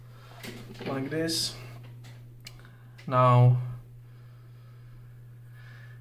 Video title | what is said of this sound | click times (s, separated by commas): Airsoft V3 Gearbox - disassembly & reassembly [LCT AK] | will click into the place the arrow | 2.5 s